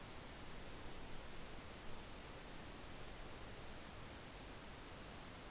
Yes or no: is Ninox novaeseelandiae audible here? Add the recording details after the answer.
no. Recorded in New Zealand on 12 November 2013. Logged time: 02:19. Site Ponui